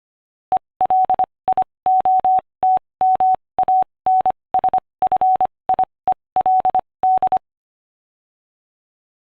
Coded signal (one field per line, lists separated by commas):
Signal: Morse code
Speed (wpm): 25 wpm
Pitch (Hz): 750 Hz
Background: none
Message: ELIOTMANSFIELD